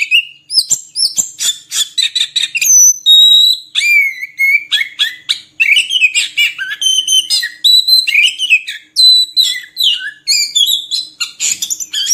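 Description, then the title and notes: Oriental magpie-robin song: dense, fast string of varied whistles, chips and slurred phrases, loud and continuous with hardly a pause. Long-duration song material (isian) for training captive birds to sing vigorously (gacor) day and night. "Kacer Jadi Gacor Siang Malam. Isian Kacer Durasi Panjang"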